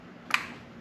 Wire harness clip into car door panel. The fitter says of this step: Sure that snaps into place.